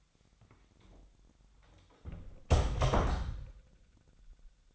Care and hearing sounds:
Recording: daily activity, microphone in the room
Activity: close door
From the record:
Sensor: 3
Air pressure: 1007.2 hPa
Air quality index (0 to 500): 202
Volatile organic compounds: 17 ppm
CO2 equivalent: 2598 ppm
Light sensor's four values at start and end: 12/29/12/12 and 12/28/12/12

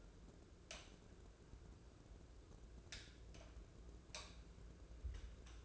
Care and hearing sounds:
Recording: daily activity, microphone in the room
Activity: light on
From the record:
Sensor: 2

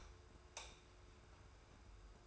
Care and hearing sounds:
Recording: daily activity, microphone in the room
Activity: light off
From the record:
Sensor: 2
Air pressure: 990.9 hPa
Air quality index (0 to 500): 120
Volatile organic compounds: 81 ppm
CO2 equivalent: 3614 ppm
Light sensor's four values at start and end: 30/77/31/30 and 25/59/24/24

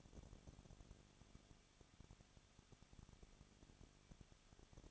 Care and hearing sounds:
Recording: daily activity, microphone in the room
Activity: no activity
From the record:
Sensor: 4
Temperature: 23.0 degrees Celsius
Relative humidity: 34.2%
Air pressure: 1007.3 hPa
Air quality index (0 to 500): 214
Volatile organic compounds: 14 ppm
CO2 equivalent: 2470 ppm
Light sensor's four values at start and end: 2/3/1/1 and 2/3/1/1

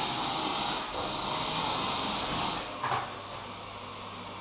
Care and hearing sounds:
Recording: daily activity, microphone in the room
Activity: vacuum cleaning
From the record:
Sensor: 1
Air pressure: 995.3 hPa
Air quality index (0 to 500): 25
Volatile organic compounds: 1 ppm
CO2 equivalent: 508 ppm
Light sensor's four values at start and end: 15/51/19/20 and 15/52/19/20

